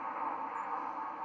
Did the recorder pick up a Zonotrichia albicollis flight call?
yes